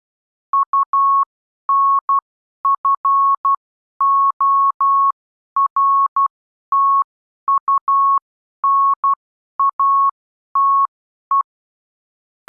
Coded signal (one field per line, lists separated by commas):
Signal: Morse code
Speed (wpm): 12 wpm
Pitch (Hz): 1100 Hz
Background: none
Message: UNFORTUNATE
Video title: Improve Your Morse Code: The Next Stage - Subconscious Familiarisation